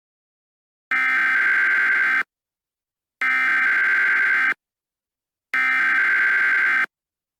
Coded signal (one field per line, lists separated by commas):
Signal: Emergency Alert System (SAME) tones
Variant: header bursts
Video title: EAS Scenario Duble Threat SCP-106 & SCP-280.